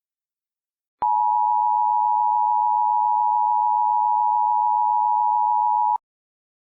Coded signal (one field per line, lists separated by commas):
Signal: Emergency Alert System (SAME) tones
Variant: 853 and 960 Hz attention tone